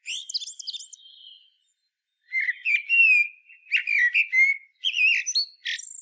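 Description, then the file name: Common blackbird: high thin squeaks first, then after a pause a clear fluted warbling phrase ending in sharp high notes. "Turdus merula"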